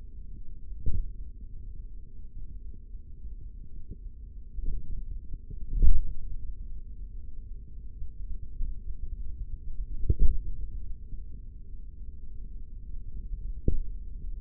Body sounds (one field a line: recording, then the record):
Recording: forearm muscle sounds (acoustic myography)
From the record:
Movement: hand opening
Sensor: system 3, bracelet of six PUI Audio POM-2738L microphones around the upper forearm, with dedicated amplification and filtering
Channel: 4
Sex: male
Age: 56 years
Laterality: right